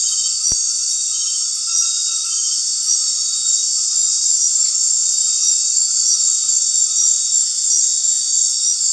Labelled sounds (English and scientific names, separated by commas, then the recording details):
none
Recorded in secondary vegetation near Puerto Asís, Putumayo, Colombia, on 12 March 2025 at 19:00
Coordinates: 0.499, -76.323
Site G094